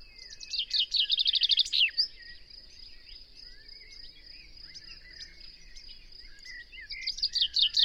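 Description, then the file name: Common chaffinch: one full song of rapid repeated notes ending in a flourish, then a second song starting at the end, a steady high hiss behind. "Fringilla coelebs"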